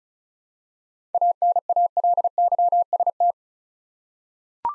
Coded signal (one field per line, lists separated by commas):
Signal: Morse code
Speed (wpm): 36 wpm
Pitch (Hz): 700 Hz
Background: none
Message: ANALYST